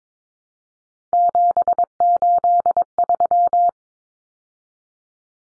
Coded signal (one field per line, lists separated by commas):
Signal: Morse code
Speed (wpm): 22 wpm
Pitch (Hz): 700 Hz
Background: none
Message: 783